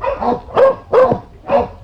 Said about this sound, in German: Rottweiler.